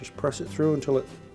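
A new plastic door catch for a Frigidaire dryer is held vertically and pressed through the opening in the dryer's front panel while someone talks over faint music. Nothing has seated or clicked yet; the clip ends before the catch snaps into place.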